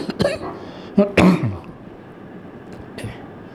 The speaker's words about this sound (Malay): Anak kalau mula batuk dia terganggu.